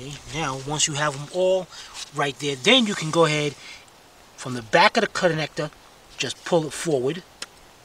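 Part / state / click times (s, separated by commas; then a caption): electrical connector locking slide on an ignition coil / not seated / none. Someone talks while handling the electrical connector on an ignition coil of a 2007 Volkswagen Beetle 2.5 during a spark plug and ignition coil replacement, reaching to the plastic locking slide at the back of the connector to pull it forward. The clip ends before the slide latches; nothing has clicked or seated yet.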